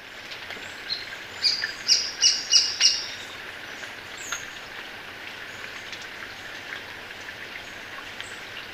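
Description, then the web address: Uniform treehunter call: a rapid run of five harsh, buzzy notes lasting about a second and a half, then a few faint single chips over a steady hiss. Recorded in Ecuador. "Natures Songs S America Birds of Ecuador Uniform Treehunter"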